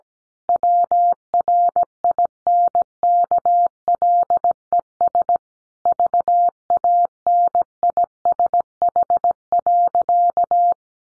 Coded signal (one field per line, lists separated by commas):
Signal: Morse code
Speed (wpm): 17 wpm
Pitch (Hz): 700 Hz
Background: none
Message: WRINKLES VANISH.